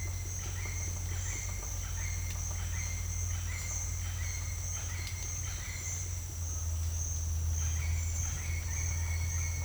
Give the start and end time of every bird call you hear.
[0.07, 6.34] bird call (1.5-5.4 kHz)
[7.67, 9.64] bird call (1.7-5.4 kHz)

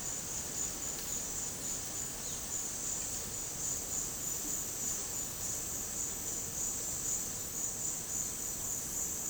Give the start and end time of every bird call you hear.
[2.24, 2.50] bird call (1.9-4.5 kHz)

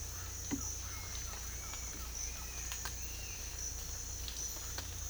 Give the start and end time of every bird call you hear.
[0.12, 2.49] bird call (0.9-1.9 kHz)

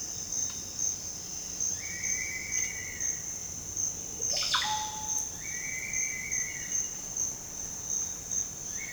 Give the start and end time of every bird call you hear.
[1.72, 3.22] bird call (1.5-2.5 kHz)
[4.05, 6.99] bird call (0.5-6.0 kHz)

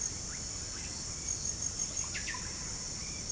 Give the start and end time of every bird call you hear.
[2.03, 2.50] bird call (0.8-4.7 kHz)

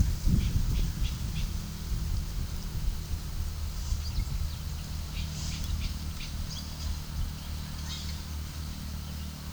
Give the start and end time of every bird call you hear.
[0.24, 1.55] bird call (1.9-7.1 kHz)
[3.66, 8.17] bird call (1.6-9.3 kHz)

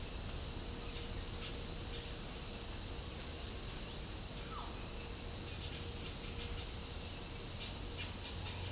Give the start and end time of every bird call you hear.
[4.28, 5.67] bird call (0.4-2.1 kHz)

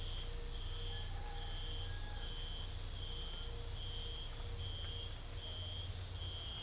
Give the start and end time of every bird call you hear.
[0.84, 2.25] bird call (0.5-2.4 kHz)

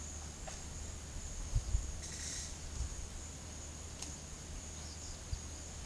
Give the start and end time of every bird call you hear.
[1.99, 2.53] bird call (1.9-14.1 kHz)

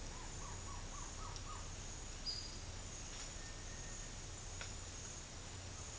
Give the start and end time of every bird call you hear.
[0.11, 1.65] bird call (0.6-1.5 kHz)
[2.19, 2.63] bird call (4.1-5.5 kHz)
[3.32, 4.13] bird call (1.4-2.1 kHz)

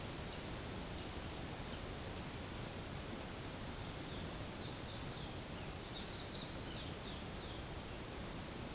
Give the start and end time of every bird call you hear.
[3.95, 7.68] bird call (2.3-4.9 kHz)

